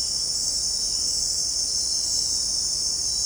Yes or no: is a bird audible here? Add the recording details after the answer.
no. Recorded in dense forest near Puerto Asís, Putumayo, Colombia, on 25 June 2025 at 18:00. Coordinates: 0.499, -76.324. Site G100